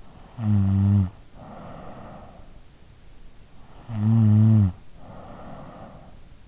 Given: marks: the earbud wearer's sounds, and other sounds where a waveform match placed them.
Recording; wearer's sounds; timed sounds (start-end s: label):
sounds in sleep by an in-ear microphone; snoring breath
0.19-2.59 s: snoring breath
3.82-6.22 s: snoring breath